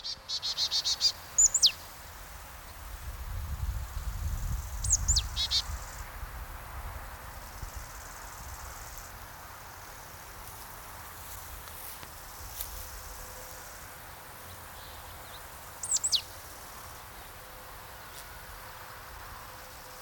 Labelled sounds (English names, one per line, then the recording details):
Bow-winged Grasshopper stridulation
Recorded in the wild
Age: imago
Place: Treuchtlingen, Naturpark Altmühltal, Bayern, DE
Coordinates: 48.96, 10.91
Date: 1993-09-07 11:48
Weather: 20°C, wolkig
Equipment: Marantz CP 430, Sennheiser MKH 416 T, Kopie Uher Variocord 263
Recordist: Tembrock, Günter